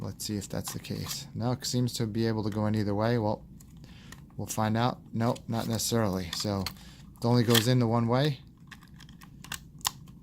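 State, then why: Seated. Someone talks while fitting a plastic Saramonic wireless microphone unit onto its mounting clip, trying it and finding it only goes in one way, with small handling clicks in the pauses. The unit is then pushed onto the clip and snaps into place with a sharp click at 9.9 s, seating it.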